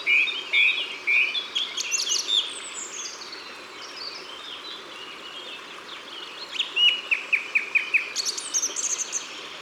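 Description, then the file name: Song thrush song with a short note given three times, then a fast run of repeated piping notes. Recorded in Ardèche, France. "Grive-Musicienne-Concerts-Naturels-De-l Ardeche"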